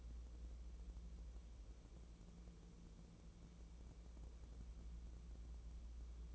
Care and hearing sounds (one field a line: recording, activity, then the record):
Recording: daily activity, microphone in the room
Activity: wipe stove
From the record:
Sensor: 1